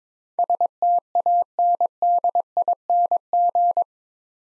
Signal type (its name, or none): Morse code